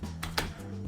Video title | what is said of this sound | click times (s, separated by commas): iPhone13Pro - Filmmaker Review | and when you hear the click all of them are locked in place then you | 0.2 s, 0.4 s